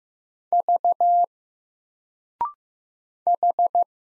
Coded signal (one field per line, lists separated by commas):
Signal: Morse code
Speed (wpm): 15 wpm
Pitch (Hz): 700 Hz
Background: none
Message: V H